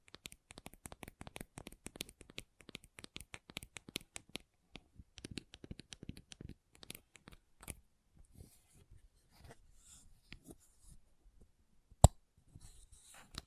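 Gentle tapping in quick, crowded clusters of light clicks for the first eight seconds or so, with a crisp, papery edge like shuffled cards. The taps then thin out into sparse, softer touches, broken by one sharp, louder tap near the twelve-second mark.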